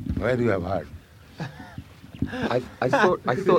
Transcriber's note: laughter